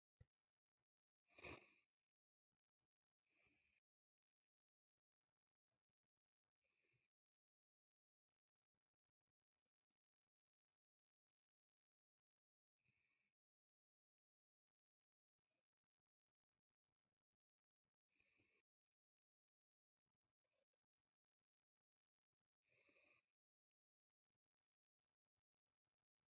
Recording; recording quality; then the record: shallow breathing; excellent, no background noise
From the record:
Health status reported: healthy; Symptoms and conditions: none ticked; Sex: male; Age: 28 years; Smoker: not ticked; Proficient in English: yes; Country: India